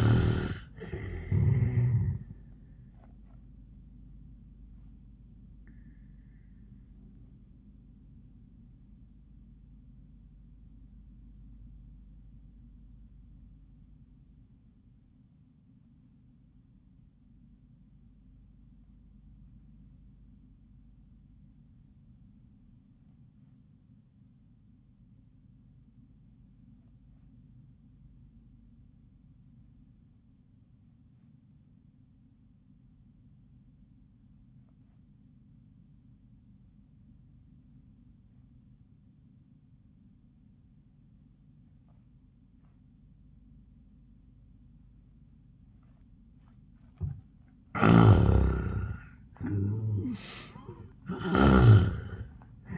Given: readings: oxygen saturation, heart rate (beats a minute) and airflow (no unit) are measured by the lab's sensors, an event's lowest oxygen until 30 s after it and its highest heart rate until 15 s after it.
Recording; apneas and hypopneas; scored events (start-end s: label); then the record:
breathing in sleep by a smartphone at the bedside; 1
7.00-48.00 s: obstructive apnea (REM, oxygen 92% highest, then 62% lowest, heart rate 77 at the start, 93 highest)
From the record:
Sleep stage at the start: REM sleep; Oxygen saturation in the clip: 65 to 92%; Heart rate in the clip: 61 to 96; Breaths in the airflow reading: 2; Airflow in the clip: -31.1 to 15.3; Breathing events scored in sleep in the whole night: 400 in 8.7 hours asleep